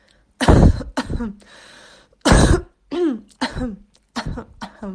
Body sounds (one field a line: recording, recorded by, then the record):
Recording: voluntary cough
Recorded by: messaging app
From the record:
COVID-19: positive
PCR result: self-reported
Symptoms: yes